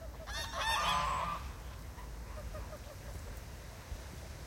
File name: Geese and Young Aberdare Park 3 rd July 2020